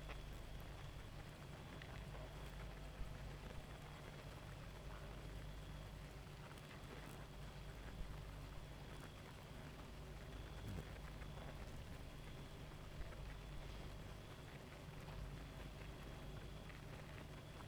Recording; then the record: honeybee colony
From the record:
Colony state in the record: active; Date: 28 July 2017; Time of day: 1:17